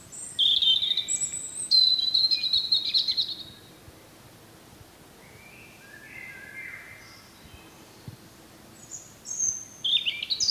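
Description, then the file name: European robin song with high, sweet warbling and trilled phrases, a softer lower-pitched passage in the middle, then a fresh burst of thin whistles at the end. "Erithacus rubecula"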